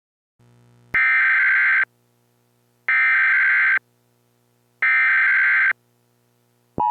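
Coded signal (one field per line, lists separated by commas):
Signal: Emergency Alert System (SAME) tones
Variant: header bursts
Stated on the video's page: Mock emergency alert for a nuclear strike during a snowstorm, made for entertainment, not a real alert, using valid EAS tones.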